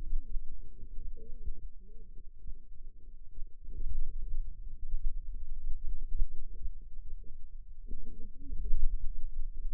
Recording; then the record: forearm muscle sounds (acoustic myography)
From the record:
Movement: finger pinch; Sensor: system 2, bracelet of six BSWA MPA416 microphones around the upper forearm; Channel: 1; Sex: female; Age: 21 years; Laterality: right